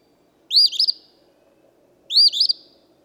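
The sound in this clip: Eastern phoebe singing two brisk, burry 'fee-bee' phrases, roughly one and a half seconds apart, with near silence between them.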